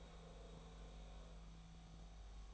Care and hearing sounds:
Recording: daily activity, microphone in the room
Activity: make coffee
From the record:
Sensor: 1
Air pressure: 1009.4 hPa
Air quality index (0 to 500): 196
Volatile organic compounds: 20 ppm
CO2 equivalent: 2678 ppm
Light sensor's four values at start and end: 28/73/30/36 and 28/73/30/36

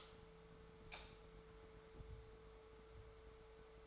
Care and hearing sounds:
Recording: daily activity, microphone in the room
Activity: light on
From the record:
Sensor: 3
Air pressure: 1014.7 hPa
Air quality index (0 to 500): 192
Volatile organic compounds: 24 ppm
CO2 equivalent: 2810 ppm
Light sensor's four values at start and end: 39/97/41/45 and 43/111/47/50

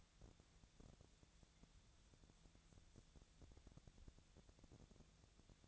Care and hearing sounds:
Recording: daily activity, microphone in the room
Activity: wipe stove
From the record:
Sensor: 3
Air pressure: 1000.5 hPa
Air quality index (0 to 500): 178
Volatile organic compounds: 4 ppm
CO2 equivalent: 1538 ppm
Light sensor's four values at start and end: 13/31/13/14 and 13/31/13/14

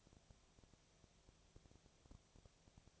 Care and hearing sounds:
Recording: daily activity, microphone in the room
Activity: no activity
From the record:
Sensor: 1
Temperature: 19.6 degrees Celsius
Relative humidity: 36.5%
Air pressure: 997.1 hPa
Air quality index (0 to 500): 204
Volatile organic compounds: 129 ppm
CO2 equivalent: 3923 ppm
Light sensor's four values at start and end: 1/2/1/1 and 1/2/1/1

